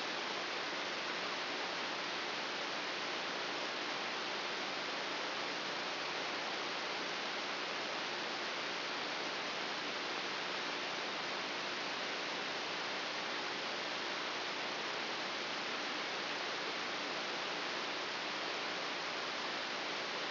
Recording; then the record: brain microelectrode recording played as sound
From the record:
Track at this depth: outside the subthalamic nucleus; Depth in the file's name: 6.201 mm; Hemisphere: right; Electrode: 3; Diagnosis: Parkinson's disease